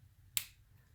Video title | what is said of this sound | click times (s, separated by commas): Zongii - Cheapest ($) Dual Alcohol Marker Full Review & Demo | now it seems to be snapping OH | 0.4 s